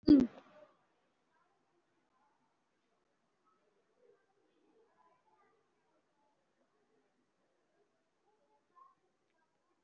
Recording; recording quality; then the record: deep breathing; poor, much background noise or distortion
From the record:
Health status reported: COVID-19 positive, mild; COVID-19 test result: positive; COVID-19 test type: RT-PCR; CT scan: not taken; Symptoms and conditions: fever, fatigue, muscle pain, pneumonia, diabetes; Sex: male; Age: 75 years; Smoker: no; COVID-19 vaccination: none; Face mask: not worn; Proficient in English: yes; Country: India